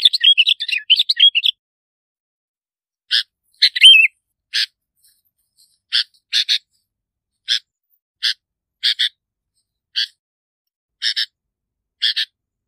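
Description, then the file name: Bulbul opens with a fast warbled phrase, then gives harsh clipped notes, single or paired, with one slurred whistle among them. "Tieng chao mao bong lau"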